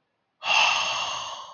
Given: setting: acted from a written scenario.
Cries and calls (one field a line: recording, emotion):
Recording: vocal sound without words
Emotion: awe